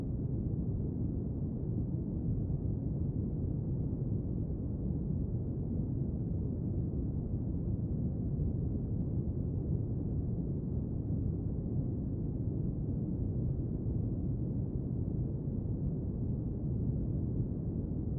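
A steady, dense hiss of white noise centered low around 125 Hz, heavy and rumbling with nothing above the lower middle range. It holds at one even level from start to finish, with no breaks, swells or separate events.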